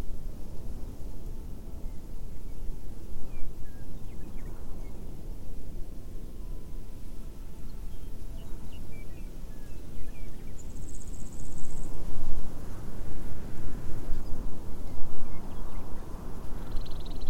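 Outdoor nature sounds with a steady low rumble throughout, faint scattered chirps, and brief high insect buzzes near eleven and sixteen seconds.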